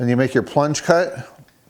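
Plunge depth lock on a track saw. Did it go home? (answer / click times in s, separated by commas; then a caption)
no / none. A man talks about the plunge depth lock on a Bosch GKT13-225L corded track saw as the lock lever is flipped up and the saw is plunged down to engage it. Speech fills most of the clip before it fades to near silence, with only a faint tick near the end. The lock has not clicked into position yet.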